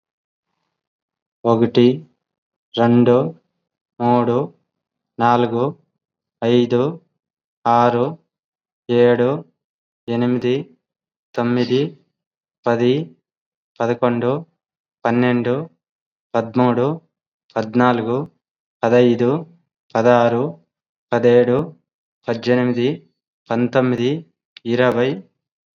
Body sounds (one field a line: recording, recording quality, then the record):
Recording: counting at a normal pace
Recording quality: excellent, no background noise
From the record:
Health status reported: COVID-19 positive, mild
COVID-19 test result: positive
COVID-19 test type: RT-PCR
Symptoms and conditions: sore throat, fatigue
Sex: male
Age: 39 years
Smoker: yes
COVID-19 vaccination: both doses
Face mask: worn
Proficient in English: yes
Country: India